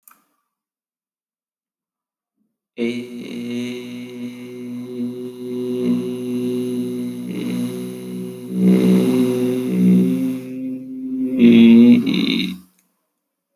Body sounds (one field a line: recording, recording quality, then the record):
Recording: sustained vowel as in made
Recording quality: excellent, no background noise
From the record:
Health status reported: respiratory illness, not identified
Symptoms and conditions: hypertension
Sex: male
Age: 40 years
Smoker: not ticked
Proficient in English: yes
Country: India